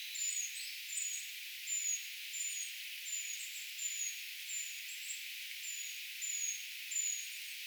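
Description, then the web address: Eurasian treecreeper calls, a steady series of thin, very high whistles, with a few softer chirps. A brood of young birds calling; recorded 4 June 2025; identification tentative. "paivat 4 6 2025 tietaakseni puukiipijapesueen aantelya"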